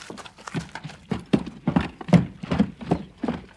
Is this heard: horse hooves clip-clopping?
yes